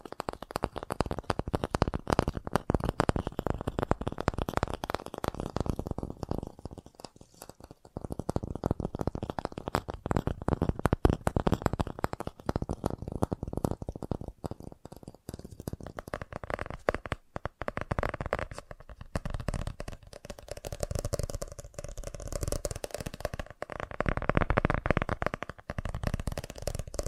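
Fast tapping runs almost continuously, dense rapid clicks with brief pauses near 8, 15 and 17 seconds, shifting tone around 20 seconds.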